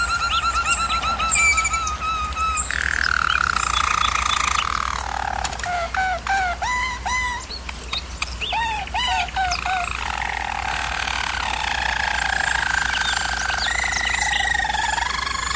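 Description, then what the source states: German Roller canary delivering bubbling, arched notes in quick series between smoother rolled passages, pitch drifting lower midway; steady low hum behind. Singing, used for canary song training.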